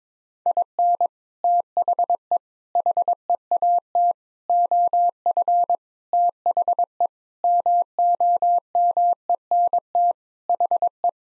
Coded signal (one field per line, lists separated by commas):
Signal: Morse code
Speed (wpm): 22 wpm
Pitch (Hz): 700 Hz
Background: none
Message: IN THE HEAT OF THE MOMENT HE